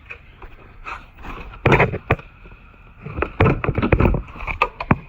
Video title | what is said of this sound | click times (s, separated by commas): Titan XD Running Board LED Install | if you could hear that pop those are the spring clips breaking free from the inside | 1.7 s, 2.1 s, 3.4 s, 4.6 s, 4.9 s